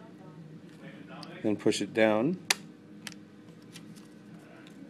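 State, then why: Seated. A RAM memory module in a Gateway NV55 laptop slot is pushed down flat from its angled position while someone talks. The side retaining clips snap back over it with a sharp click at 3.1 s, and the module is seated.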